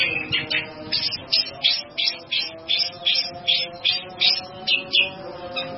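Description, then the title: Bird giving loud high chirps in a steady, even series, over faint lower tonal sounds. "burung"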